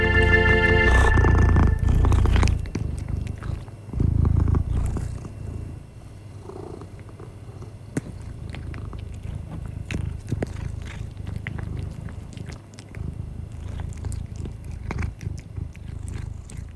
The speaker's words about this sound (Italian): E si può sentire appunto i movimenti, i suoni, rumorini e purpur di un gatto.